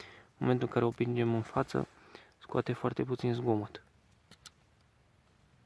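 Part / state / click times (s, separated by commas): safety slider on a shotgun receiver / seated / 4.3 s, 4.5 s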